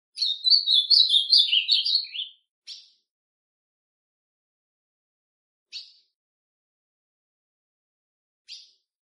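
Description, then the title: Ultramarine grosbeak song: a rich warbling phrase of about two seconds, slurred notes falling overall, followed by three short sharp chip notes spaced a few seconds apart. Classic song style. "Azulão Canto Clássico"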